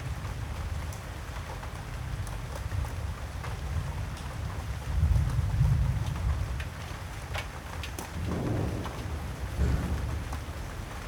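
Water rushes and patters with a steady low rumble, swelling louder around five and eight seconds, while scattered bright drips tick through.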